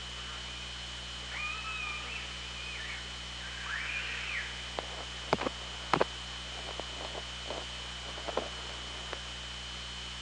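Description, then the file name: Killer whale calls: flat harmonic calls and an arching call early on, followed by a string of sharp clicks over underwater hiss. Hydrophone at OrcaLab, 24 August 2017, 18:23. "Orca Lab UTLN JASON 20170824 182356"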